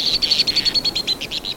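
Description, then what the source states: White-throated Swift, high trilling call: a rapid series of sharp, shrill notes, continuing steadily throughout with little background. Nests in canyons of the western US.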